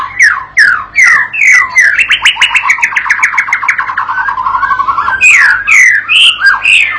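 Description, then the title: White-rumped shama song of loud, downward-sliding whistles, then a long, fast trill of rapidly repeated notes, then more swooping whistles. Masteran pancingan: a tutor recording played to a young bird (paud) to get it singing actively (gacor) and answering straight away. "MURAI BATU PAUD BELAJAR GACOR, AJARI DENGAN MASTERAN PANCINGAN INI, PANCING LANGSUNG NYAUT"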